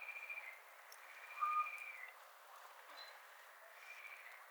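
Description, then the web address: Little owl calls: faint, drawn-out mewing notes with a slight arch, three in about four seconds, plus one short pure whistle midway over steady background hiss. "athene noctua call"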